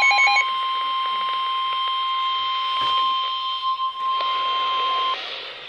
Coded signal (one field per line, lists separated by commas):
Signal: Emergency Alert System (SAME) tones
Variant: 1050 Hz attention tone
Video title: Real EAS #531 - Severe Thunderstorm Warning